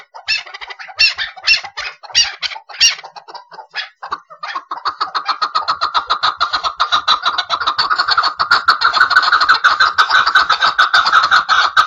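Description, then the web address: Chukar partridge clucks in spaced bursts, then builds into a fast, continuous run of repeated harsh notes that grows louder toward the end. "aswat Hajal Jabali"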